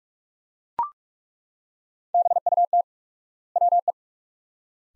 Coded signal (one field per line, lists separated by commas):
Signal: Morse code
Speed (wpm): 42 wpm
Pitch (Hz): 700 Hz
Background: none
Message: BUT WE